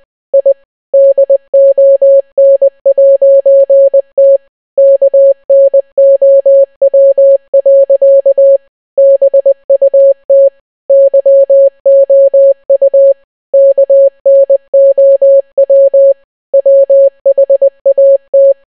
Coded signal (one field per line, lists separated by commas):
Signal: Morse code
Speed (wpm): 20 wpm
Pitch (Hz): 550 Hz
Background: none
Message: I DON'T KNOW. BUT YOU KNOW WHAT